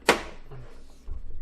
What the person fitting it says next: and you heard a snap and the cover now has come off